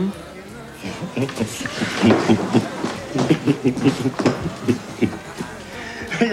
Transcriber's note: soundbite of laughter